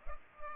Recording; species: mosquito wingbeat signal from an infrared sensor; Culex pipiens